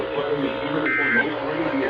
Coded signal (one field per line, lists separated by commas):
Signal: Emergency Alert System (SAME) tones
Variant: end-of-message bursts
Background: speech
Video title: Random Flash Flood Warning On NOAA Weather Radio & FM Radio (EAS #755-778)